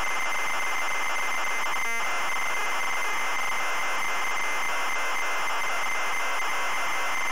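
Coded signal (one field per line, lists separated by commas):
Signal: ZX Spectrum tape loading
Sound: constant harsh raspy screech of fast data, with a faint steady whistle underneath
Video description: today we're loading the ZX Spectrum game, Angry Birds!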